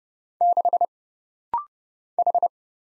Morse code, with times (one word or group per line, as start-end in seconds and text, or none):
0.4-0.8 6
2.2-2.5 H